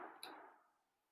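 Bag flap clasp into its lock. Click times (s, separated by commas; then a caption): 0.2 s. The folded flap of a crochet bag has its clasp pressed and inserted into the lock. A short, sharp tick at 0.2 s stands out over a soft, fading background hum. The clasp seats and the bag is locked.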